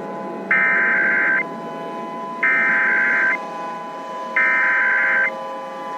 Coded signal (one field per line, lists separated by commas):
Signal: Emergency Alert System (SAME) tones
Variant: header bursts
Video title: EAS Request Scenario: President Gone Insane